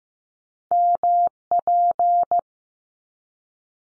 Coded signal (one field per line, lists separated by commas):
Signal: Morse code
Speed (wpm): 15 wpm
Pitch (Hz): 700 Hz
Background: none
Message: MP